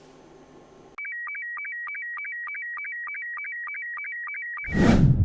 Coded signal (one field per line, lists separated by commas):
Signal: SSTV (slow-scan television)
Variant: Robot 72